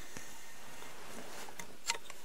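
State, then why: Not seated. The lock button on a Silky Katanaboy 650 folding saw is pressed and the long steel blade is being swung open from its folding handle, giving a few faint ticks and light handling noises over a steady low background. The blade has not locked into place yet and nothing has clicked.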